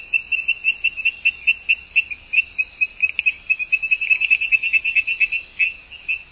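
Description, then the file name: Brown tree frog calling in a fast series of short, high chirps over a steady high-pitched drone. "Chirixalus idiootocus"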